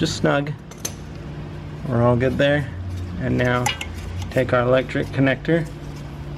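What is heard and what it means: A 2009–2016 Volkswagen Tiguan's new ABS wheel speed sensor electrical connector is handled and brought toward its plastic mating plug on the wiring harness while someone talks. A brief sharp metallic clink sounds at 0.9 s. The connector has not clicked in or seated yet; the sound is only handling before it goes home.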